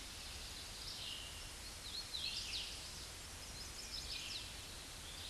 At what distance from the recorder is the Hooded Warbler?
about 75 m